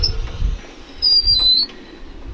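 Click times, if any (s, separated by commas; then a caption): none. A lever is flipped to release the steel swing-out tire carrier arm on a Tundra's rear bumper, and the arm swings open toward its open-position lock. A sharp knock at the start gives way to low rumbling and handling noise, then a high metallic squeal from about 1.0 to 1.6 s as the arm swings. Nothing has seated or clicked yet.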